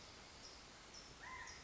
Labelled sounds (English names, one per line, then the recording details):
California Quail
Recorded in Sonoma County, California